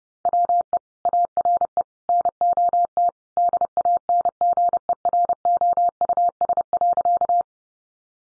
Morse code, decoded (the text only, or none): WE ARE NOT DANGEROUS.